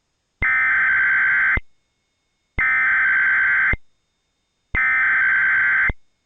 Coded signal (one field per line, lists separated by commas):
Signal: Emergency Alert System (SAME) tones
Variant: header bursts